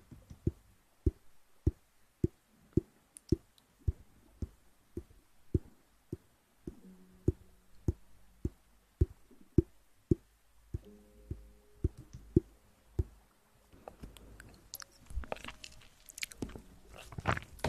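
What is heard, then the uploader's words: Ear eating sounds: a steady run of sharp, wet clicks and smacks, spaced about every half second for the first thirteen seconds, with a few soft low hums drifting underneath. After that the rhythm breaks into denser, messier rustling and bursts of crackling. Relaxing Ear Eating.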